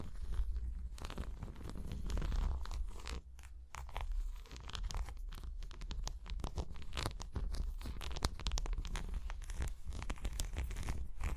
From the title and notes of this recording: Tapping and Scratching (No Talking).